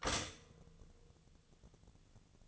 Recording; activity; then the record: daily activity, microphone in the room; stop toaster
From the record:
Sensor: 4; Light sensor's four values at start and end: 19/44/18/20 and 19/43/18/20